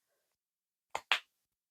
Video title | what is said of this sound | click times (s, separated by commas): Grace Kelly inspired Makeup Using Lisa Eldridge Rouge Experience in Society - Over 50s | And it clicks in. Clicks into place. | 1.0 s, 1.1 s